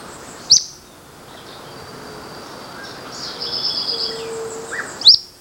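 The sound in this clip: Bird calls: two sharp, loud upward-flicking notes at the start and end, with a faint high twitter in between over background hiss.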